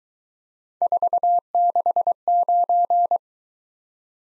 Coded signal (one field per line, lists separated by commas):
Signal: Morse code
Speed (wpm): 22 wpm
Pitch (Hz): 700 Hz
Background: none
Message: 469